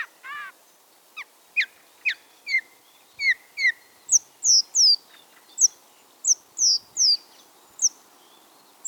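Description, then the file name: Song thrush delivering short, sharp notes in repeated pairs and triplets, shifting to higher, downslurred whistles later in the phrase sequence. "bioakusztika enekesrigo"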